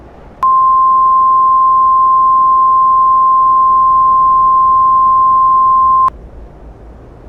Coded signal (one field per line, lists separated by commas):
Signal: Emergency Alert System (SAME) tones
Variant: 1050 Hz attention tone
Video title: EAS Scenario: Yukina Part 4